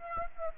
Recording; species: mosquito wingbeat signal from an infrared sensor; Aedes aegypti